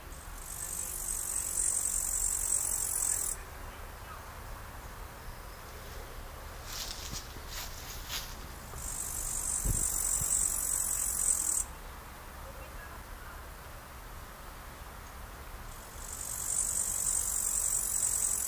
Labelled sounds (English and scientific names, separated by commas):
Upland Green Bush-cricket (Tettigonia cantans) stridulation